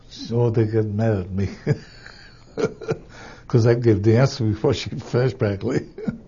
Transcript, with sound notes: So they get mad at me. (he laughs) Because I'd give the answer before she finished, practically.